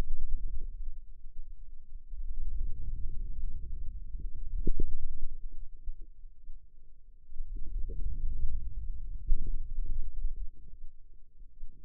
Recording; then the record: forearm muscle sounds (acoustic myography)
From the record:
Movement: wrist extension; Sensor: system 2, bracelet of six BSWA MPA416 microphones around the upper forearm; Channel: 6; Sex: female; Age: 25 years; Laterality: right